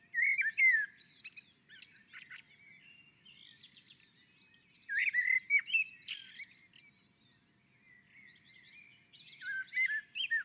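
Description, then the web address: Common blackbird song in spaced phrases: fluted, slurred warbling notes run into squeaky high twitters, with a quiet gap before the last phrase. On a roof. "Naturinspelningar Koltrast på taket"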